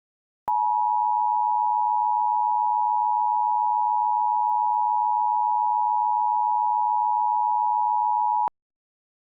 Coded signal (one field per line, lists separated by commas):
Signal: Emergency Alert System (SAME) tones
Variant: 853 and 960 Hz attention tone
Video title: EAS Scenario: Blinding Snow